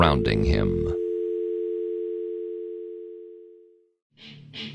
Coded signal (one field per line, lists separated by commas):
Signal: telephone call progress tone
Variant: North America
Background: speech, music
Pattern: dial tone